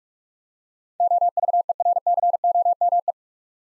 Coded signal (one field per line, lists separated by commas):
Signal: Morse code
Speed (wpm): 46 wpm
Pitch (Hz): 700 Hz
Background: none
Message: OVERCOME